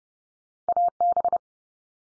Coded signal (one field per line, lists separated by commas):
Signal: Morse code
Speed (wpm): 30 wpm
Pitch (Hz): 700 Hz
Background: none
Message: AB